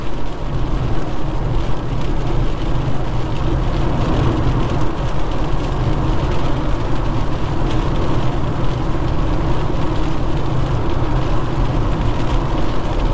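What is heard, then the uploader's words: Night driving in the rain: a steady, heavy low engine and road rumble fills the whole stretch, with a constant hiss of rain and tire spray layered over it. The level barely changes throughout, with faint soft ticks and patters scattered across the top. Night driving in the rain with no talking or music in the background.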